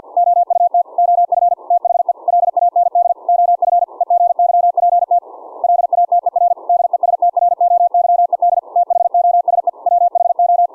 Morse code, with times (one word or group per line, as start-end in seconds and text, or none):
0.2-0.8 OUT
1.0-1.5 OF
1.7-2.1 THE
2.3-3.1 LAND
3.3-3.8 OF
4.0-5.2 EGYPT
5.6-6.5 LATER
6.7-8.6 DESTROYED
8.8-9.7 THOSE
9.9-10.7 WHO